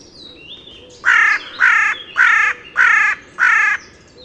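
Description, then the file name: Carrion crow cawing: five harsh, raspy caws in an even series about every 0.6 seconds, with faint thin whistles from another bird underneath. "Corvus corone"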